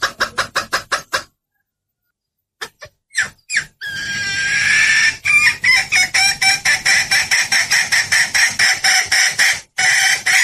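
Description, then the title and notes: Bird chattering in quick harsh notes: a brief series, a pause, scattered notes, then a long steady run of rapid rasping pulses. Lure sound used to attract stubborn, hard-to-approach birds; part of a compilation of bird lure calls. "Suara Burung Bandel Yang Susah Mendekati. Kompilasi Suara Pikat Burung"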